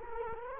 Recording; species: mosquito wingbeat signal from an infrared sensor; Culex quinquefasciatus